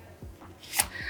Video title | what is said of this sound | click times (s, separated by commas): Darche Go Go Chair | now to the two front legs we're going to do the same pop those little uh buttons in and collapse those legs down | 0.8 s